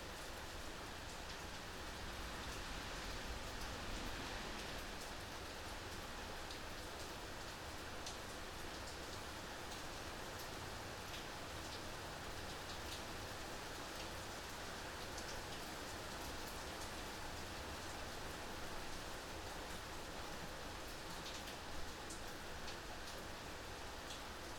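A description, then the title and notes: Steady, dense rain falls at an even level throughout, with a low rumble beneath and occasional brighter drop ticks standing out. Sound of rain recorded at home.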